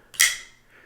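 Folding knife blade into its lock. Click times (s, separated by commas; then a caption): 0.1 s, 0.2 s. The blade of a Peter Carey Turbo folding pocket knife with a DLC coating is flicked open and locks into place. It makes a double click at about 0.1 and 0.2 seconds, with the second click sharp and bright and ringing briefly before fading. The blade is seated, with two clicks rather than one solid click.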